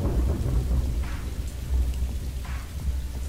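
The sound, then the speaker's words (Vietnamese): Heavy rain pours steadily in the mountains while low thunder rumbles underneath, a dense, continuous roar with brief airy gusts of mountain wind rising and fading. “Mưa càng lúc càng xối xả, gió núi vun vút như những lưỡi dao nhọn lạnh lùng cứa đứt sinh mạch non nớt của sói con.”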